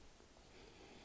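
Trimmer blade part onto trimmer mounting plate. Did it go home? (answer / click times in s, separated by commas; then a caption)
no / none. A plastic part of a swapped trimmer head, taken from an Andis Slimline Pro and fitted to a Kemei 1971 hair trimmer, is handled against the trimmer's mounting plate. Only faint, steady rustling and handling noise is heard, with no distinct impacts. Nothing has seated or clicked yet.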